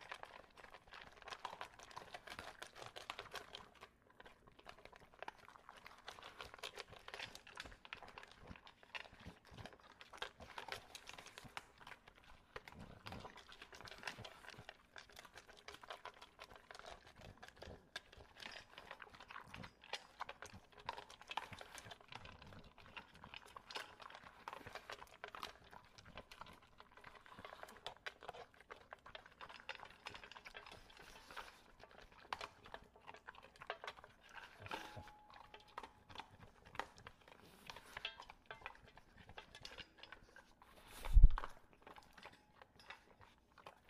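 An English Bulldog eats his kibble, with a steady run of crunchy, crackling bites and wet chewing through the whole stretch. Short snorts and breathy puffs mix in irregularly, and one loud, sharp knock or thump stands out near the end.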